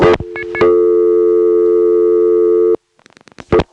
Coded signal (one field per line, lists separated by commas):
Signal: telephone call progress tone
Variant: North America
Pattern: dial tone